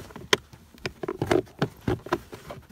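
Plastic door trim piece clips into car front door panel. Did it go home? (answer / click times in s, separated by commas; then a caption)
yes / 0.3 s, 0.9 s, 1.3 s, 1.6 s, 2.1 s. A plastic door trim piece is refitted over the replaced front speaker on a Renault Megane 2 front door, with its clips pressed into the door panel. A series of sharp plastic snaps sounds at 0.3, 0.9, 1.3, 1.6 and 2.1 seconds among quieter handling noise. The clips are seated.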